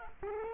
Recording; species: mosquito wingbeat signal from an infrared sensor; Culex quinquefasciatus